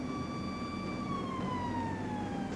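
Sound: police car siren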